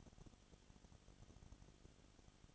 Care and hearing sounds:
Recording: daily activity, microphone in the room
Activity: no activity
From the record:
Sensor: 4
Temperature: 22.7 degrees Celsius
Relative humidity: 31.7%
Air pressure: 995.4 hPa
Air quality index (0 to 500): 158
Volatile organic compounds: 2 ppm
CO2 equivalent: 1254 ppm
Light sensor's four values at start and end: 2/3/1/1 and 2/3/1/1

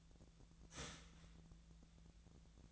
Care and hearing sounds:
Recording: daily activity, microphone in the room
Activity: start toaster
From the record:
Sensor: 3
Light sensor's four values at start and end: 31/79/33/35 and 31/78/33/35

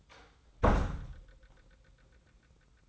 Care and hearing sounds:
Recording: daily activity, microphone in the room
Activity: close door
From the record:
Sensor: 3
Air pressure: 990.4 hPa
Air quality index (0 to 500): 174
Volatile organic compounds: 1000 ppm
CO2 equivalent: 5655 ppm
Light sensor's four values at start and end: 48/114/46/44 and 48/114/47/44

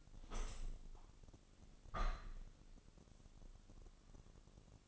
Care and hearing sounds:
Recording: daily activity, microphone in the room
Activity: open window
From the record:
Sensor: 4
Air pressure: 1001.2 hPa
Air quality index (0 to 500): 179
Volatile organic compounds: 2 ppm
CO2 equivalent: 1276 ppm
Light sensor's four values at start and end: 12/28/11/12 and 12/28/11/12

